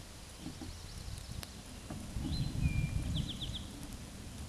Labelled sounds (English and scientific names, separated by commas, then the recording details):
Eastern Towhee (Pipilo erythrophthalmus) song
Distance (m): 85 m
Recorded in a Pennsylvania forest on 17 May 2023 at 13:13
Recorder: AudioMoth, point grid1_36_low
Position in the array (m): 119 m, 84 m